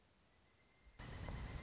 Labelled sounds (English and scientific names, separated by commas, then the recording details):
Pileated Woodpecker (Dryocopus pileatus)
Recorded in Sonoma County, California